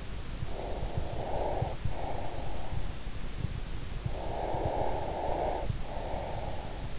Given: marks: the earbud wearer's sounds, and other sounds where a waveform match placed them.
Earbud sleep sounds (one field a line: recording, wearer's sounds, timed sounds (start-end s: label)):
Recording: sounds in sleep by an in-ear microphone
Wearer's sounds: breath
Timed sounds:
0.42-2.84 s: breath
4.05-6.99 s: breath